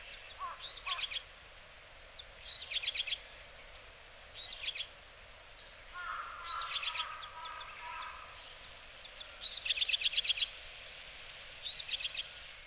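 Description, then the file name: Japanese tit calls: short high notes followed by rapid buzzy rattled bursts, repeated every two to three seconds, with a lower chattering series midway. Recorded in Hyogo, Japan, in September (0903). "sijuukara 8 0903 hyogo kaji"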